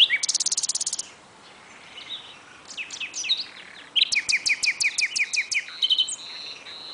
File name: Luscinia megarhynchos